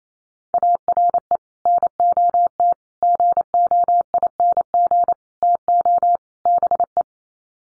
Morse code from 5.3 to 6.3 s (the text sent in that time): TO